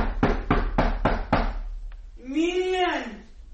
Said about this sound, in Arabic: مين اللي هيخبط على الباب؟